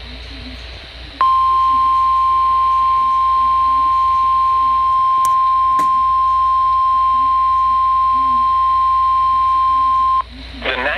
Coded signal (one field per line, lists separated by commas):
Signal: Emergency Alert System (SAME) tones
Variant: 1050 Hz attention tone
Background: speech